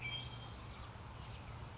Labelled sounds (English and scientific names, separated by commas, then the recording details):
California Towhee (Melozone crissalis)
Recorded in Sonoma County, California